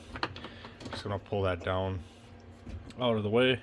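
A plastic trim panel on a Can-Am Defender UTV dashboard is pulled down, releasing the two clips at its top with sharp clicks at about 0.2 and 0.2 seconds. Quieter rustling follows, then someone talks.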